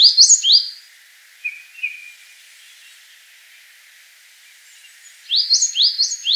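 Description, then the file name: Coal tit song: quick high two-note phrases repeated in a short burst at the start, a pause with a faint thin whistle, then the phrase series again at the end. "moskovka"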